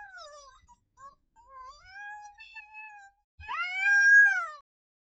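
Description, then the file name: Cat crying: soft, thin, wavering meows that run together, then one louder, rising-and-falling wail near the end. "the kitty crying"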